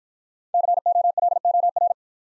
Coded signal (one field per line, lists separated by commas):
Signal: Morse code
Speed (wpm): 50 wpm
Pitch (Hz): 700 Hz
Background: none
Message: COLOR